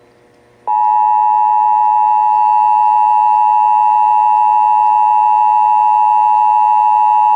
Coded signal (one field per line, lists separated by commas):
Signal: Emergency Alert System (SAME) tones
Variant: 853 and 960 Hz attention tone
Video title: (EAS #713-720) July 2024 Texas Required Monthly Test